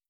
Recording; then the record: hydrophone in a shrimp aquaculture tank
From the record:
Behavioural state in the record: starved